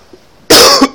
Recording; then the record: coughing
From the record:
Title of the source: Coughing 60